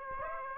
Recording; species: mosquito wingbeat signal from an infrared sensor; Aedes aegypti